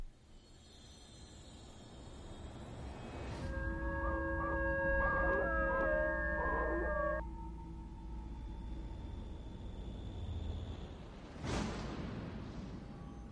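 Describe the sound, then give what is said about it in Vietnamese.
A long, eerie howl like a dog's from a dog-headed demon recoiling after its clawed hand is burned, several steady wavering tones layered together over a low rumbling drone, ending abruptly, followed later by a brief sharp whoosh. “Cái bóng vuốt trên bàn tay ghê rợn của con quỷ bị bỏng rát, nó thụt lùi lại, nó rú lên y như là con chó nó hú.”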